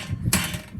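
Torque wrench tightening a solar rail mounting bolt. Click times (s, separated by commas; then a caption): 0.3 s. A torque wrench set to 17 N·m tightens a bolt on metal solar roof-mount rail hardware, with low rumbling ratcheting beforehand. A single sharp click at 0.3 s marks the wrench reaching its torque setting, confirming the bolt is tightened.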